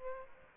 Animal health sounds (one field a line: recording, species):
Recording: mosquito wingbeat signal from an infrared sensor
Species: Aedes aegypti